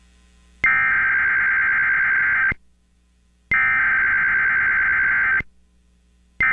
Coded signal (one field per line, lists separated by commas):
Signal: Emergency Alert System (SAME) tones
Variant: header bursts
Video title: WKRU-FM 106.7 EAS/AMBER Alert Activation (June 11, 2017)